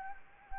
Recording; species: mosquito wingbeat signal from an infrared sensor; Anopheles arabiensis